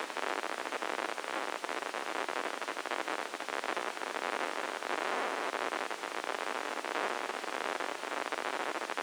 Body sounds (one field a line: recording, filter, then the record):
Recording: brain microelectrode recording played as sound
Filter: spike band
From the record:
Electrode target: subthalamic nucleus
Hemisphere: left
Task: reaching with the right hand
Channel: 1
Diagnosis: Parkinson's disease